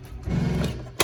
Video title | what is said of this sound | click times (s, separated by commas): 2012 COACHMEN CATALINA 28DDS STK # 13414B | there you go you heard the clicking so it's fully extended | 1.0 s